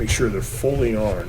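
Slip-on spade wire connectors are being pushed onto the terminals of a new electric stove oven bake element, which replaces one that got too hot. Someone talks throughout the clip. Nothing has seated or clicked yet.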